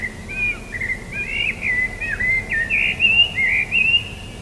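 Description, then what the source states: Common blackbird song: a run of mellow, fluted whistled phrases rising and falling, delivered continuously with short warbling flourishes, over a soft low background hum. Recorded 21 March 2013.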